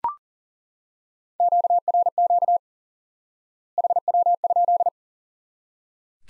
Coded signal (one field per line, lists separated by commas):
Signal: Morse code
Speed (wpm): 40 wpm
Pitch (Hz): 700 Hz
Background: none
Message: QRQ HW?